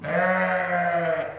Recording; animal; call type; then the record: contact call of a hoofed animal; sheep; low-frequency (closed-mouth) or high-frequency (open-mouth) call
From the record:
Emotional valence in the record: negative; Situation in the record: short social isolation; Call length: 1.39 s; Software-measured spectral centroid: 1530 Hz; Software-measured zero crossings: 1910 a second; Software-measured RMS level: -24 dBFS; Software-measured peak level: -11 dBFS